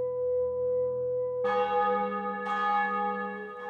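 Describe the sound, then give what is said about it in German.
Church bells ring on a Sunday morning in overlapping, resonant strikes, each new toll blooming over the humming tail of the last, with no voices present. “An einem Sonntagsmorgen, als die Glocken verklangen und unversehens die wohlige Stille dieser Stunde eintrat”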